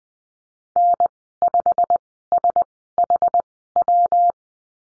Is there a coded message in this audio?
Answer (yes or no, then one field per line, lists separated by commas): yes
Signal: Morse code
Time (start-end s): 0.8-4.3 s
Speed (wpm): 20 wpm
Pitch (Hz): 700 Hz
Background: none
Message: N5SHW